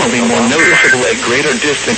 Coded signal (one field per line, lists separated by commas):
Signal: Emergency Alert System (SAME) tones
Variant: end-of-message bursts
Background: speech